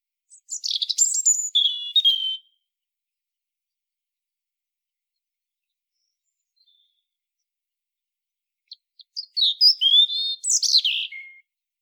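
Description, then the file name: European robin singing two short phrases of high, thin, tumbling notes and sliding whistles, the first near the start and the second several seconds later, silence between. "Erithacus rubecula"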